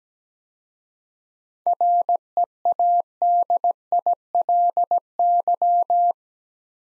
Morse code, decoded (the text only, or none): READILY